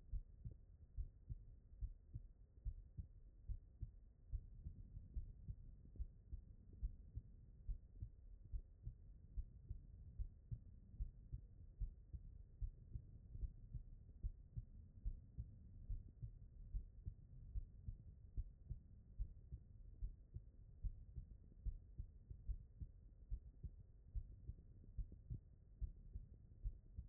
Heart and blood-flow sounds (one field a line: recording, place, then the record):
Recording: heart sounds by stethoscope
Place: aortic valve (AV)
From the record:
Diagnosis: non-HFrEF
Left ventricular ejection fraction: 43%